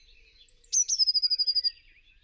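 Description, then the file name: Eurasian blue tit song: a thin high whistled note, then a fast silvery trill of even notes, with faint twittering behind. "Cyanistes caeruleus"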